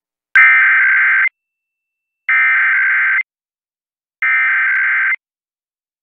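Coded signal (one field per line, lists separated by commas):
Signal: Emergency Alert System (SAME) tones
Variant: header bursts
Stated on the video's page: Illinois Required Monthly Test EAS tones aired on an FM station in Chicago.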